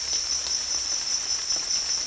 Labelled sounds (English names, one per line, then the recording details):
none
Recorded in dense forest near Puerto Asís, Putumayo, Colombia, on 21 March 2025 at 16:00
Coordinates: 0.499, -76.324
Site GP03